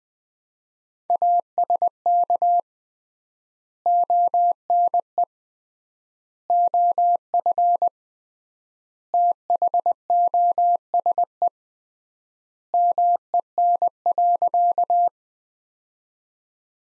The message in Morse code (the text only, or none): ASK ONE OF THOSE MEN.